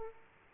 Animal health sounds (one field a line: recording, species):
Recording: mosquito wingbeat signal from an infrared sensor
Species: Aedes aegypti